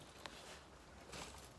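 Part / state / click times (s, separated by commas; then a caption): wiring plug onto reverse light switch connector / not seated / none. A plastic wiring plug is pushed onto the reverse light switch connector of a Fiesta ST150, with only short faint taps at 0.3 s and 1.6 s over a low, steady noise. The plug does not click and has not seated, because a blue seal inside it is blocking it.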